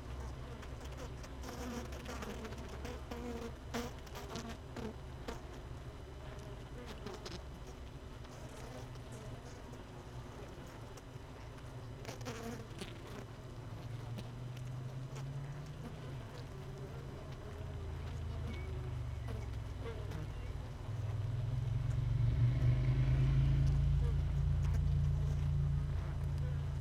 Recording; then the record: honeybee colony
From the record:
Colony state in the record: missing queen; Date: 31 May 2018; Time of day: 16:34